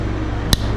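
A Spirolock spiral retaining ring is worked into the groove in a piston pin bore, taking care not to mar the piston. A steady low hum runs underneath until a single sharp, bright click at 0.5 s. The ring seats in the groove, the first of two rings.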